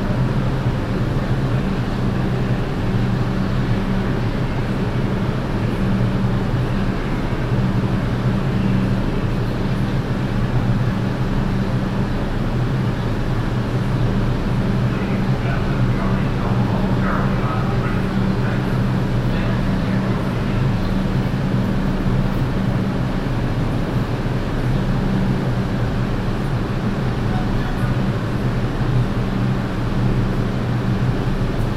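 A subway train rolls along with a steady, heavy low rumble and a droning hum that holds through the whole stretch. The level stays constant, with a faint squeal and brief rattling around the middle, and murmured voices sit low in the mix.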